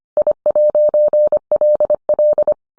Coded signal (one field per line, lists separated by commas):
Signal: Morse code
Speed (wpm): 25 wpm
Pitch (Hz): 600 Hz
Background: none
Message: I'LL